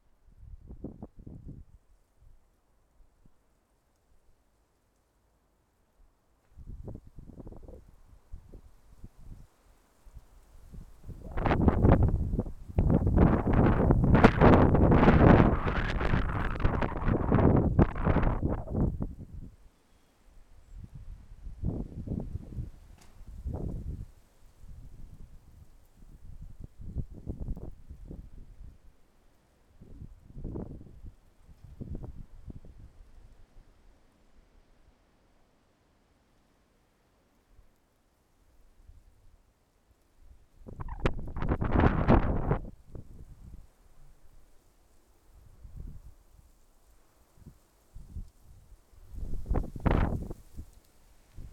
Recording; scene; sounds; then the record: everyday scene through a hearing-aid microphone; wind on the microphone; wind, traffic, birds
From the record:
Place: suburban garden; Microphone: behind the ear, left, front